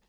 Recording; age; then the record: pig call; piglet (1 to 25 days)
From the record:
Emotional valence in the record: positive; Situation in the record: reunion after long isolation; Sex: male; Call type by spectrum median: low-frequency call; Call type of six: low-frequency stable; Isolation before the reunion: 8 minutes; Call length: 0.08 s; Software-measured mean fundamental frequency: 177 Hz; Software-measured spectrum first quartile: 227 Hz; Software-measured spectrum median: 1134 Hz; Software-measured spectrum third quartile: 4451 Hz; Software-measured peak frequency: 40 Hz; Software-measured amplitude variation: 22 dB a second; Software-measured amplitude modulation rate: 6.0 a second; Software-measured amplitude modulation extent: 3.6 dB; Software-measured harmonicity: 1.7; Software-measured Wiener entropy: -1.46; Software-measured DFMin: 853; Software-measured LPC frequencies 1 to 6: 839, 1827, 2699, 3522, 4972, 6576 Hz